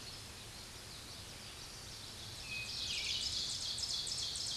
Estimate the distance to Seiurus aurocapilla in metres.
about 20 m